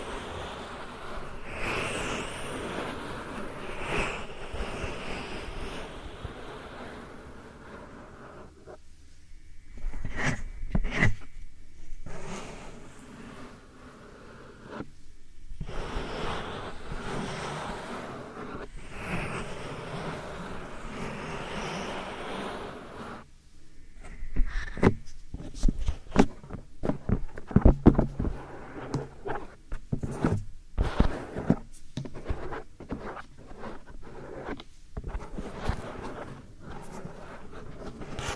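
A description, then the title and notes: Soft powder ear massage: slow, textured rubbing with a gentle hiss, coming in long strokes broken by short pauses around 9, 15 and 23 seconds. After about 24 seconds the rubbing turns crisper and more crackly, with frequent small taps and pops. ASMR Real Soft Powder Ear Massage (No Talking).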